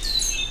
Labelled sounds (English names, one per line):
Stitchbird song